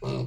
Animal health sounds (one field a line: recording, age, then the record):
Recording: pig call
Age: weaner (32 to 43 days)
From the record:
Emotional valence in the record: negative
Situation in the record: short isolation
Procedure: open field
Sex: female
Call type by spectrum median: low-frequency call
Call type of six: low-frequency stable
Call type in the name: low-frequency stable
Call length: 0.27 s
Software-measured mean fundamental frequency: 65 Hz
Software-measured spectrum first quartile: 137 Hz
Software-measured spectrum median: 305 Hz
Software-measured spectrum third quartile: 676 Hz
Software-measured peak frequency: 133 Hz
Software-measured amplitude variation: 82 dB a second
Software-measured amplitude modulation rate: 22.1 a second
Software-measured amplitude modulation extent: 3.7 dB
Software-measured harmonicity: -0.4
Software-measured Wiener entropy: -0.84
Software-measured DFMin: 767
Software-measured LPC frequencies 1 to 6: 396, 1115, 2671, 3781, 4294, 5385 Hz